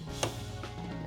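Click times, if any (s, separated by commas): 0.2 s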